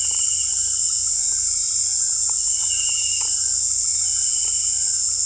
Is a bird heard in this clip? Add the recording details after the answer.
no. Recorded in secondary vegetation near Puerto Asís, Putumayo, Colombia, on 18 December 2024 at 18:30. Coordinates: 0.481, -76.318. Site G042